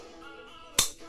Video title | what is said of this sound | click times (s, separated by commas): WR450f Fork Rebuild | ah hear that click | 0.8 s